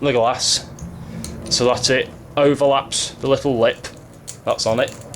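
Someone talks while a screwdriver eases the rubber surround over the little lip of the rear lamp glass lens on a Morris Minor Van or Traveller, with a brief sharp tap near 1.2 s. The glass has not yet popped into place, and nothing has seated yet.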